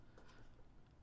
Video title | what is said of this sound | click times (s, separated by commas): Will a Taurus Tx22 Fit in a Glock Holster? | and it did click now because this is for 17 there is a lot of room here these guns have been safety checked | 0.2 s